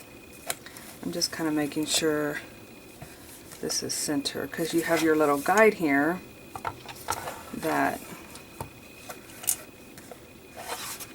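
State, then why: Seated. The small plastic paper guide on a two-hole paper punch is slid into position while setting it up to center journal pages, as someone talks. A rubbing, sliding sound is followed by a sharp click at 9.5 s as the guide clicks into place, seated.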